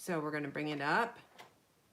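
Someone talks while handling the plastic lid of a stamp ink pad case, bringing it up to be pressed closed onto its plastic case. A faint tick is heard near 1.4 seconds, but the lid has not clicked shut or seated yet.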